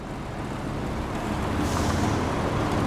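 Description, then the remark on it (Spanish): Steady street traffic at the intersection of Donato Álvarez and Luis Viale, in the Caballito Paternal neighborhood near Plaza Irlanda, by a traffic light: a continuous low engine rumble from cars and heavy vehicles, with a brighter hiss swelling in about halfway through, like a bus or truck brake. “Estamos en Donato Álvarez y Luis Viale, en el barrio de Caballito Paternal, cerca de la Plaza Irlanda.”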